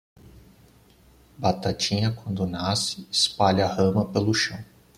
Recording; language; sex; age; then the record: short text; Brazilian Portuguese; male; 30 to 39 years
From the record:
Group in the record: control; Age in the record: 34 years